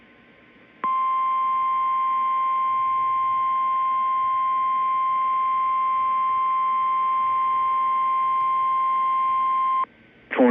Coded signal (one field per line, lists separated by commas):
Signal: Emergency Alert System (SAME) tones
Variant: 1050 Hz attention tone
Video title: idk anymore: EAS#317-351 (EAS Alerts from 5/29-5/30)